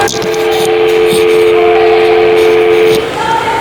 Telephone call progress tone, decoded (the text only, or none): dial tone